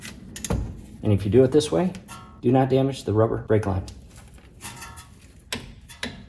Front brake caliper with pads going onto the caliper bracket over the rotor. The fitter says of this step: There we go. You heard the click.